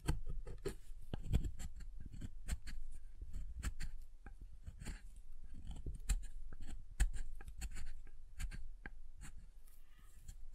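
Tapping and carving on a bar of soap, a steady run of short, crisp scrapes and taps packed closely together with no pauses. Sharper clicks stand out every second or so, around 1, 6 and 7 seconds, over a soft, low rubbing underneath.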